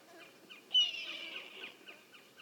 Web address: red tailed hawk. صدای-عقاب-دم-قرمز